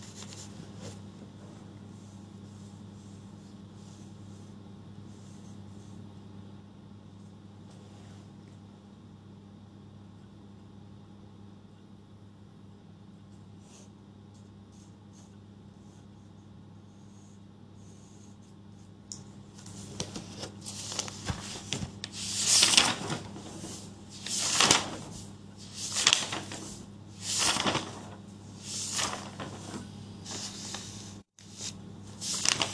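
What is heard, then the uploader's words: Over a steady low hum, notes are rewritten: faint scratches for twenty seconds, then louder, irregular bursts of pen scribbling and paper rustling. Going through my notes and re-writing stuff.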